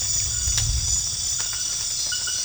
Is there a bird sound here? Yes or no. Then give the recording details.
no. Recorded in dense forest near Puerto Asís, Putumayo, Colombia, on 13 March 2025 at 23:30. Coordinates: 0.484, -76.325. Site G045